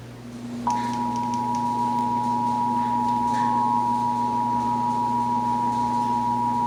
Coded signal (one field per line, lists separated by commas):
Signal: Emergency Alert System (SAME) tones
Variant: 853 and 960 Hz attention tone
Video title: (EAS #633-641) May 2024 Texas Required Monthly Test